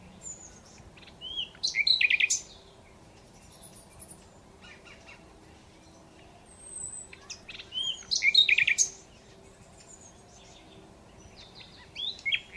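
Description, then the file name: Common Nightingale song: two short bursts of varied twittering notes about six seconds apart and the start of a third at the end, with quiet pauses and faint high whistles between. "Luscinia megarhynchos"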